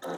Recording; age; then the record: pig call; piglet (1 to 25 days)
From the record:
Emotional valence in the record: negative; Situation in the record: fighting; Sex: male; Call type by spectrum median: low-frequency call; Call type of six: low-frequency tonal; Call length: 0.18 s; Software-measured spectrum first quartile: 437 Hz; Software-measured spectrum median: 685 Hz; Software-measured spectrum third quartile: 1374 Hz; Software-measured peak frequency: 516 Hz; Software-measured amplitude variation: 85 dB a second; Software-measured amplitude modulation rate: 13.8 a second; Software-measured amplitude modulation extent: 6.2 dB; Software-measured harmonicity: -0.4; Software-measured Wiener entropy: -0.68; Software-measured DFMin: 1101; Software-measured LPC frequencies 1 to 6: 572, 1246, 3815, 6034, 6534, 7334 Hz